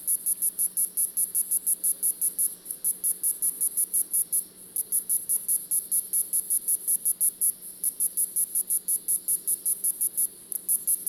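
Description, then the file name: Cicada pulsing song, high shrill clicks repeated quickly at an even pace with a couple of brief pauses, over a soft low hum. "cicada titti"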